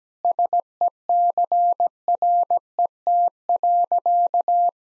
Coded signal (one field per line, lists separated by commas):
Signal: Morse code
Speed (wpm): 17 wpm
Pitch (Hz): 700 Hz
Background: none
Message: SECRET.